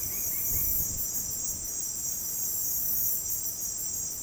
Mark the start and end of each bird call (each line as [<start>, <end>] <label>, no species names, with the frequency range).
[0.06, 0.68] bird call (0.7-2.9 kHz)